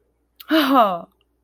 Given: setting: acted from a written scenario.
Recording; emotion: vocal sound without words; positive surprise